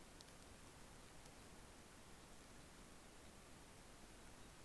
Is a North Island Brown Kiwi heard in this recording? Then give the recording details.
no. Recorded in New Zealand on 12 February 2013. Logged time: 22:59. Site DH65